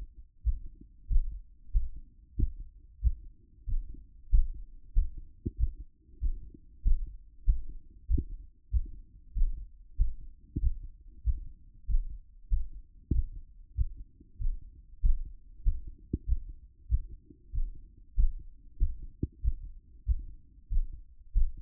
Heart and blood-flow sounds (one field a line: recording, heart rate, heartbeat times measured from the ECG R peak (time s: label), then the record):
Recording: heart sounds by stethoscope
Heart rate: 95 bpm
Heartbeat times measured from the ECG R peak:
0.43 s: heartbeat
1.07 s: heartbeat
1.72 s: heartbeat
2.36 s: heartbeat
3.00 s: heartbeat
3.65 s: heartbeat
4.30 s: heartbeat
4.93 s: heartbeat
5.57 s: heartbeat
6.19 s: heartbeat
6.82 s: heartbeat
7.45 s: heartbeat
8.07 s: heartbeat
8.70 s: heartbeat
9.33 s: heartbeat
9.97 s: heartbeat
10.59 s: heartbeat
11.23 s: heartbeat
11.86 s: heartbeat
12.49 s: heartbeat
13.11 s: heartbeat
13.74 s: heartbeat
14.38 s: heartbeat
15.01 s: heartbeat
15.63 s: heartbeat
16.25 s: heartbeat
16.88 s: heartbeat
17.51 s: heartbeat
18.15 s: heartbeat
18.78 s: heartbeat
19.41 s: heartbeat
20.05 s: heartbeat
20.69 s: heartbeat
21.33 s: heartbeat
From the record:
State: after exercise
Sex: male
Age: 28 years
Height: 182 cm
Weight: 70 kg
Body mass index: 21.13